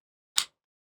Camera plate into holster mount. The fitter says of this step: got that nice little click there in the end and it's it's not coming out for anything so